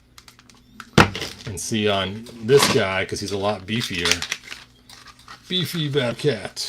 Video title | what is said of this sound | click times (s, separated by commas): He-man news, new printed parts coming out soon an update on the Grayskull floors | funny he's so much smaller look how far the strap goes around him before it clicks in place | 1.0 s